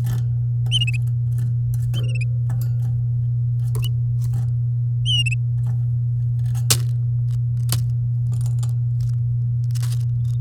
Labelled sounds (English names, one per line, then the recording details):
Domestic Canary song
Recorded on 8 May 2018 at 08:15
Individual llb16